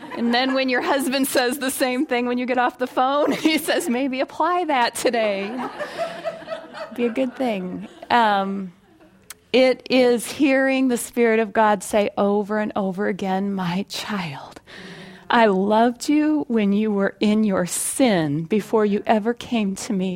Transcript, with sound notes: Then when your husband says the same thing when you get off the phone, he says, “Maybe apply that today. It’d be a good thing.” (laughter) It is hearing the Spirit of God saying over and over again, “My child, I loved you when you were in your sin, before you ever came to Me.